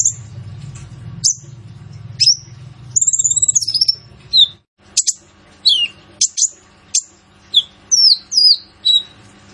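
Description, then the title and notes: Purple-throated sunbird song: high chirps and a buzzy trilled phrase, then a steady series of sharp downslurred notes, over low hum at first. Training recording (masteran) for songbirds, full of fill phrases (isian) and bursts (tembakan), meant to draw out song from other birds; described as an actively singing bird (gacor). "MASTERAN KOLIBRI NINJA FULL ISIAN DAN TEMBAKAN COCOK BUAT PANCINGAN. Suara Burung Kolibri Ninja Gacor"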